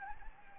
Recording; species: mosquito wingbeat signal from an infrared sensor; Anopheles gambiae